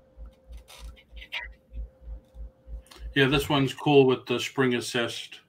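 A spring-assisted folding knife is handled, its blade moving toward its lock, over a steady low hum, soft rhythmic low thumps and a few faint ticks near 0.3 s and 2.9 s. Someone talks from about 3.1 s to the end. Nothing has seated or clicked into the lock yet.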